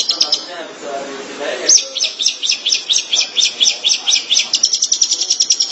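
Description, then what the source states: Long-tailed Shrike song, a series of sharp repeated notes, then a faster trill. Recorded March 2017.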